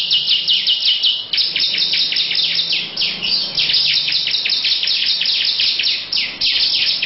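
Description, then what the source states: Lovebird long chattering song, rapid scratchy notes pouring out with a few short breaks. Long "ngekek panjang" song.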